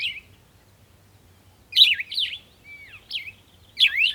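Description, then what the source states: Bird calls: clear zigzagging chirps in short phrases, with a single thin whistled note between them. At a water hole in the early morning, bird close.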